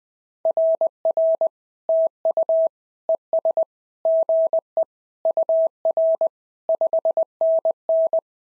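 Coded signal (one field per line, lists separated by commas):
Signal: Morse code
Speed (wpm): 18 wpm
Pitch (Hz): 660 Hz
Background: none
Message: RR TU ES GE UR 5NN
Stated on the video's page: SOTA QSO practice at 20 wpm: each exchange sent in Morse, then spoken, then sent again in Morse.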